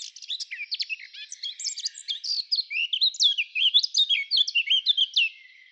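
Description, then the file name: Eurasian blackcap song, a continuous run of varied, fast warbled notes with clear fluty slurs that grows louder toward the end and then stops abruptly. "Sylvia atricapilla"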